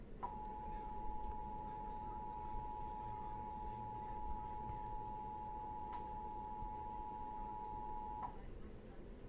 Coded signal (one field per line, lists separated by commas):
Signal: Emergency Alert System (SAME) tones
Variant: 853 and 960 Hz attention tone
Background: speech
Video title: EAS Warning Alert | Severe Thunderstorm Warning NWR and TV Catch